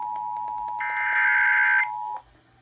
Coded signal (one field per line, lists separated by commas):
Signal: Emergency Alert System (SAME) tones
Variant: header bursts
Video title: Eas svr on KUHF 88.7fm Kacc 89.7fm Kube tv 57.1 and 57.4 Ktmd 47.4 Eas#1309-1313)